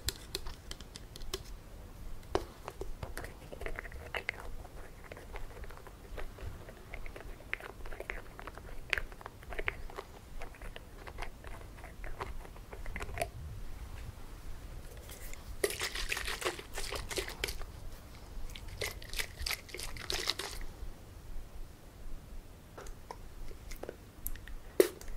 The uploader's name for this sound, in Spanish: Masaje Capilar - peinando y rascando el pelo